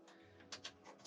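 Someone pushes up on the wooden roof lift panel of a pop-up truck camper and pulls it up and out by its knob to raise it into its upright support position. Over a low steady hum come two sharp knocks at about 0.5 and 0.7 s, then a softer tap near 1.1 s. Nothing has seated or clicked into place yet.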